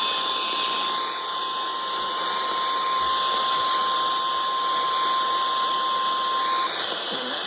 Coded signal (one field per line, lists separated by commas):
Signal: Emergency Alert System (SAME) tones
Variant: 1050 Hz attention tone